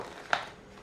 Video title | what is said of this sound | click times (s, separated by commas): Easy peasy Sony PS5 Pulse Elite Headset Ear Pad Installation by AHG | see that one was moving a bit cuz it wasn't aligned and now it is it clicked into place | 0.3 s